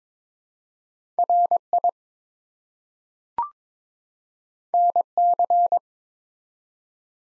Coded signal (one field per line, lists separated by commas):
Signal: Morse code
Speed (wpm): 22 wpm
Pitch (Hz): 700 Hz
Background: none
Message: RI NC